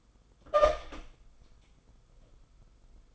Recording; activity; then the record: daily activity, microphone in the room; open door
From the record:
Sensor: 5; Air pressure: 990.6 hPa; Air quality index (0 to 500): 151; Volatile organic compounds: 169 ppm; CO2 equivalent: 4100 ppm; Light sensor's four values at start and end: 26/63/26/28 and 27/65/26/29